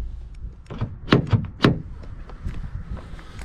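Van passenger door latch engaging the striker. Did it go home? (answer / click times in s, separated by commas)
yes / 1.1 s, 1.6 s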